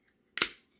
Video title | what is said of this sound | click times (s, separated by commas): 1144 Greencycle Pill Organizer 7 Day Weekly Case Portable Daily Box Travel Holder Medicine Dispenser | there you go so that that lets you know that you have that lets you know that you have a nice secure fit | 0.4 s